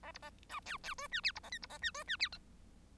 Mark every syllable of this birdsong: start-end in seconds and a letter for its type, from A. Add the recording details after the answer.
0.03-0.12 A, 0.14-0.18 B, 0.22-0.30 A, 0.49-0.60 C, 0.65-0.77 D, 0.83-0.94 D, 0.97-1.07 E, 1.11-1.21 F, 1.23-1.32 G, 1.35-1.40 B, 1.43-1.50 A, 1.51-1.58 H, 1.62-1.66 B, 1.69-1.78 A, 1.81-1.91 F, 1.94-2.04 E, 2.07-2.17 F, 2.19-2.29 G, 2.32-2.38 I. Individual Bird1